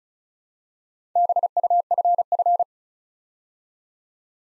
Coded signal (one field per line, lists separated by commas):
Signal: Morse code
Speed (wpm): 36 wpm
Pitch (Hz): 700 Hz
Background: none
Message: BUFF